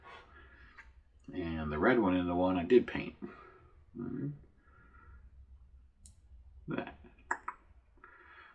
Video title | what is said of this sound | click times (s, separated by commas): Lemax A Victorian Christmas Repair | Oops, that one didn't click. | none